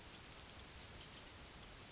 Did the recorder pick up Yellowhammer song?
no